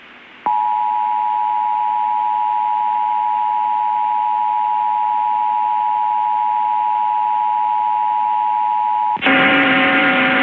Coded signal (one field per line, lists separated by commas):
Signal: Emergency Alert System (SAME) tones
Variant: 853 and 960 Hz attention tone